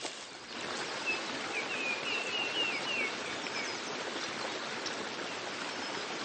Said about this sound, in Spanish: Bajo por el descendiente camino, y un susurro batiente me insinúa un río rebosante de vida y color. Un color traslúcido como el vidrio y refrescante como sus aguas.